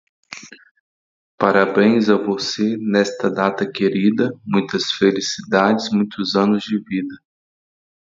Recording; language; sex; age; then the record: short text; Brazilian Portuguese; male; 30 to 39 years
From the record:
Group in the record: control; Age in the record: 30 years